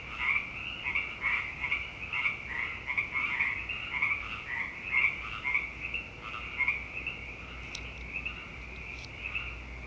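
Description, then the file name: Frogs in full chorus, dense rhythmic pulsed croaking that grows quieter toward the end, with a couple of faint clicks. "frogpocalypse"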